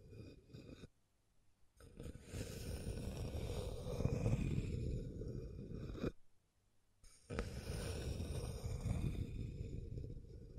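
Scratching and tracing on a surface in two long strokes, from about 1 to 6 seconds and again from 7 to the end, with a brief pause between them. Each stroke is a dense, rough, grinding rasp, strongest in the low range, with faint hiss above.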